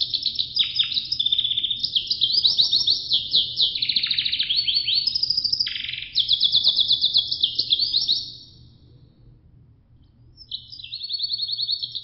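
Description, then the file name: Canary singing rapid trilled tours for about eight seconds, a quiet gap, then another high trill, with a low background hum. "suara sangerxkenarirusia"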